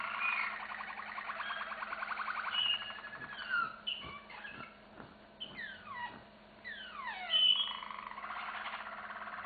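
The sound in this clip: Canary song with rolling trills followed by sharp, falling whistled sweeps repeated in quick series, over a faint constant hum.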